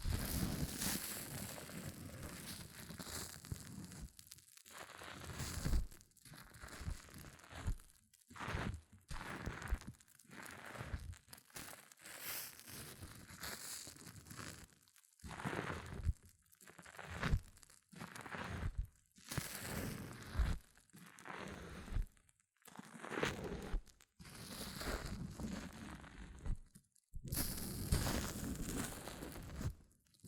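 Hair mousse fizzes and crackles in dense bursts a few seconds long, separated by brief silences, bright and crinkly throughout.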